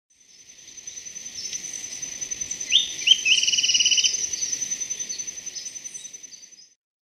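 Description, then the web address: Golden-faced Tyrannulet calling: a short rising note, then a quick chattering twitter of high notes lasting about a second, over a steady high insect whine throughout. Subspecies albigularis, recorded in Ecuador. "Birds of Ecuador Golden-faced Tyrannulet"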